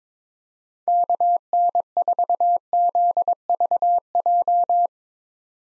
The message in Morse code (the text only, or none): KN4ZVJ